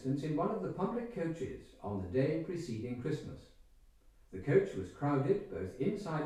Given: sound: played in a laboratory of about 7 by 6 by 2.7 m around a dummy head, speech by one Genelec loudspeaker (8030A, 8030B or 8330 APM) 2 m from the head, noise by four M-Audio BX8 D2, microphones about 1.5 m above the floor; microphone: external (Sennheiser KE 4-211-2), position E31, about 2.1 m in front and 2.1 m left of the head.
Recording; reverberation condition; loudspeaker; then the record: male speech in English; medium; in front (0 degrees)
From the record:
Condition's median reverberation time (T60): about 510 ms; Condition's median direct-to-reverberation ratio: about -0.5 dB